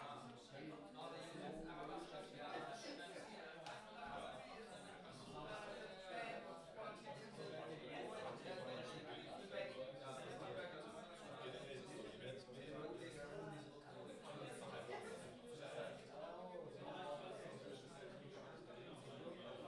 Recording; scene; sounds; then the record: everyday scene through a hearing-aid microphone; many people talking; many voices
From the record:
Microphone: in the ear canal, left